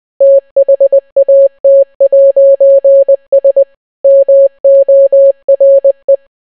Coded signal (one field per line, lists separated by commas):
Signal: Morse code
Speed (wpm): 20 wpm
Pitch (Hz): 550 Hz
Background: none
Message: THAT'S MORE